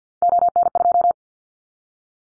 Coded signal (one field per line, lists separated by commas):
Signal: Morse code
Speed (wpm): 50 wpm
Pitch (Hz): 700 Hz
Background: none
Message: ON2